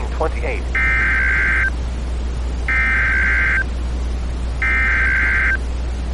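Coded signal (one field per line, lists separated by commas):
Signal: Emergency Alert System (SAME) tones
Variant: header bursts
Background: speech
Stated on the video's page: Joke EAS scenario, a fictional Emergency Action Notification made with valid SAME tones.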